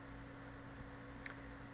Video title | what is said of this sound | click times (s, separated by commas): How-to remove / install spark plug COIL Packs FORD truck van | it goes on there very easy you'll hear it snap in place you know you've got it on there | 1.3 s